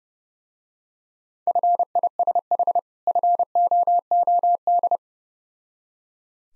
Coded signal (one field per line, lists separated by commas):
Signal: Morse code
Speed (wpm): 30 wpm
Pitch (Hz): 700 Hz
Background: none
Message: FISH FOOD